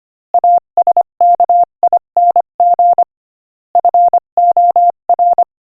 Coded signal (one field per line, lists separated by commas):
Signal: Morse code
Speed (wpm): 25 wpm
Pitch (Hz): 700 Hz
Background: none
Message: ASKING FOR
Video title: Morse Code Practice: 25 wpm Inspirational Quote 17